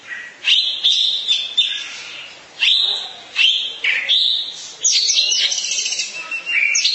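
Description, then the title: Oriental magpie-robin song of separate whistled phrases, some long and steady, others quick and slurred, ending in a rapid tumbling sequence. Long-duration song. "Kacer"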